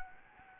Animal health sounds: mosquito wingbeat signal from an infrared sensor; Anopheles gambiae

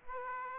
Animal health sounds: mosquito wingbeat signal from an infrared sensor; Aedes aegypti

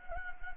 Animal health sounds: mosquito wingbeat signal from an infrared sensor; Anopheles gambiae

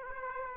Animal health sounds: mosquito wingbeat signal from an infrared sensor; Aedes aegypti

